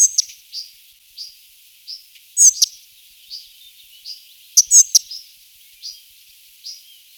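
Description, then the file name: Spotted flycatcher song: thin, high squeaky notes at irregular intervals, broken by a couple of sharper, louder scratchy double notes; otherwise quiet. Song, 2004. "roche 2004 grauschnaepper"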